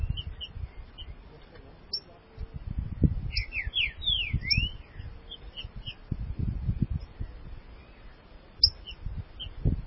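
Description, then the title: Green-winged saltator song: a brief run of slurred whistles rising and falling, among scattered short chips and low background noise. "Trinca Ferro"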